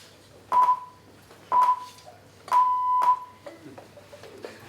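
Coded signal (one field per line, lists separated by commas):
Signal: radio time signal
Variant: Greenwich Time Signal pips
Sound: three 1 kHz pips a second apart, the last one longer, echoing in a room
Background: small room echo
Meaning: The long final pip marks the start of the hour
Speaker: 5955 on weekdays and it starts with this noise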